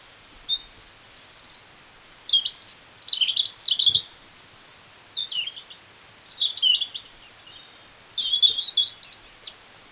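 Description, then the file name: European robin song: a run of varied phrases, high thin whistles mixed with rapid liquid warbles and trills, separated by brief gaps. "Erithacus rubecula"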